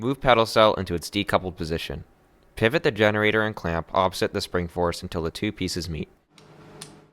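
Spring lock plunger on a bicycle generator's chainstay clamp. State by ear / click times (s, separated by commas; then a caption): seated / 6.8 s. Someone talks while a bicycle generator and its chainstay clamp, set in the decoupled position, are pivoted against the spring force until the two pieces meet. After the talk ends, a faint tick at 6.4 s is followed by a louder, sharper click at 6.8 s as the spring-loaded locking plunger engages. The generator's spring lock is seated.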